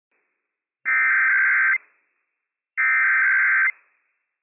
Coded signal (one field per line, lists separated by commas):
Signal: Emergency Alert System (SAME) tones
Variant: header bursts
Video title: Washington State EOC Required Weekly Test - WWF56 - EAS #290 - 11:00 AM PDT 10/25/22